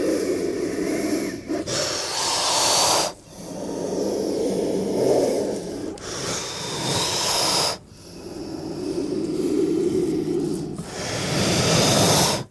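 Cobra hissing: long, breathy hisses of several seconds each, separated by brief quieter breaks, several in a row.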